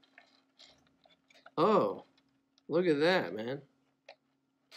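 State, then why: Not seated. After batteries are loaded, someone tries to snap the small plastic battery compartment door shut on the battery housing of a Visual Effects, Inc. MBK6 Mirror Ball Kit with Motor & LED Lights. Faint handling ticks come through while someone talks, with one brief sharp tick near 4.1 s. The door has not snapped closed and is held only by a tiny screw.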